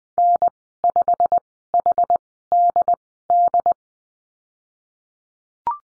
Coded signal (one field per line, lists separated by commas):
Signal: Morse code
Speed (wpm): 20 wpm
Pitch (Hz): 700 Hz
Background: none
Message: N5HDD